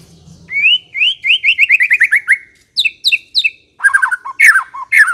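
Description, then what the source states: White-rumped shama song: a rapid series of rising whistled notes, then a few sharp notes and harsher descending phrases. Long-duration song used as a lure (pikat) for white-rumped shama.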